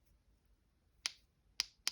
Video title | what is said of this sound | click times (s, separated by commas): Un stylo-plume en édition limitée : l'Alpha K de Maiora | voilà ça ce petit clic absolument ravissant vous indique que le piston est bien arrivé en haut du corps | 1.6 s